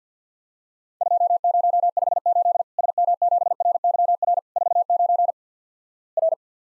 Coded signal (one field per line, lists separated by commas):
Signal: Morse code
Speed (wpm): 50 wpm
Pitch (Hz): 700 Hz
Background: none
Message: 2058 SM7RYR 49 R